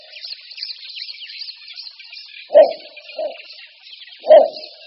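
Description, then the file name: Little bittern with short, low barking calls, a strong one, a softer one, then another strong one, over a high, even buzzing. "Bukáček malý"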